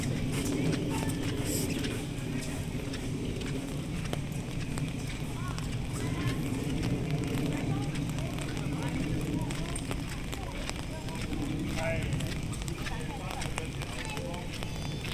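Walking through Animal Kingdom park in Walt Disney World, with a steady, dense crowd murmur of many overlapping voices throughout. Brief sharper clicks and footstep-like taps come and go, and a low rumble sits underneath the whole time.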